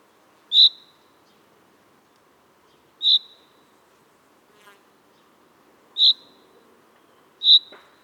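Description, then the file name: Common chaffinch calls: short, sharp single notes, given four times at uneven intervals over a faint steady background hum. "Fringilla coelebs"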